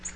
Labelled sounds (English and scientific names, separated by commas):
Tennessee Warbler (Leiothlypis peregrina) flight call